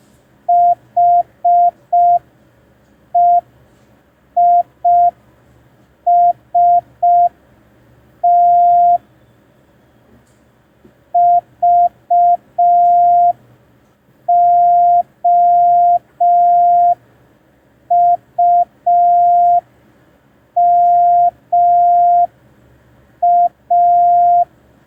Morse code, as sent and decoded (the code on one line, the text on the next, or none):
.... . .. ... - / ...- --- ..- -- .-
HEIST VOUMA